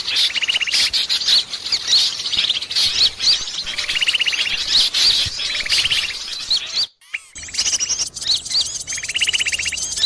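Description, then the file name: Bird calls: recurring rattling trills among high upslurred whistles, with a short silent break near seven seconds. Indonesian bird lure call (pikat), titled 'a thousand birds'. "pikat-1000-burung"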